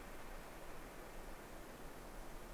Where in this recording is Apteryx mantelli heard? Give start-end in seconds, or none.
none